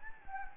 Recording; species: mosquito wingbeat signal from an infrared sensor; Anopheles gambiae